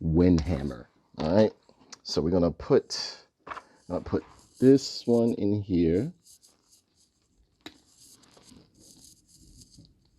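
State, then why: Not seated. Someone talks while a replacement plastic hand is handled and pushed toward the wrist peg of a Super 7 Silverhawks Ultimates Windhammer Deluxe action figure. After the talking, faint plastic handling sounds and small ticks are heard. The hand has not snapped onto the peg yet, and nothing has seated or clicked.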